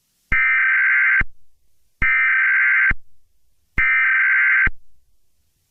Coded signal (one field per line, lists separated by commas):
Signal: Emergency Alert System (SAME) tones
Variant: header bursts